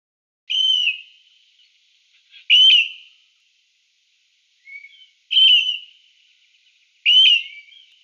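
Grey currawong giving four loud, ringing whistled notes a few seconds apart, with a softer note between the second and third.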